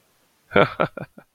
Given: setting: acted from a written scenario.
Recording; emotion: vocal sound without words; amusement